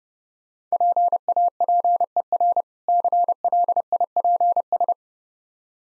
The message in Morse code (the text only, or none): PAPER CLIPS